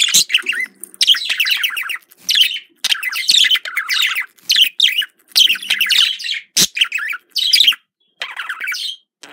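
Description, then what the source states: Budgerigar chatter: fast, scratchy warbled phrases with squeaky notes, a sharp click in the middle, pausing only briefly. Described as a budgerigar love sound.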